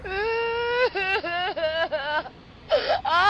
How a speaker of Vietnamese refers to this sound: Giữa đêm hôm khuya khoắt thế này, ai lại ra nghĩa địa mà ngồi khóc? Không thấy ai. Đang chuẩn bị đào tiếp, chợt tiếng khóc lại càng ngày càng rõ hơn.